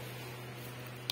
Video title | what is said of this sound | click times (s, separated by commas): IB800 HOME GYM INSTALLATION VIDEO | lock हो जाएगा ऐसे। | 1.1 s